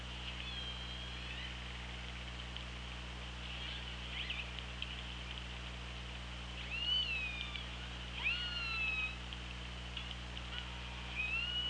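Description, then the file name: Orca calls, several rising, harmonic mewing contours arriving in a loose cluster in the second half, over a steady low hum of underwater noise. Recorded on the OrcaLab hydrophone, 24 August 2017 at 16:56. "Orca Lab UTLN JASON 20170824 165633"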